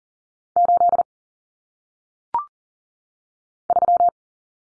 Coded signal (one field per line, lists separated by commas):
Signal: Morse code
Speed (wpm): 38 wpm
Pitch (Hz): 700 Hz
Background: none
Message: 8 3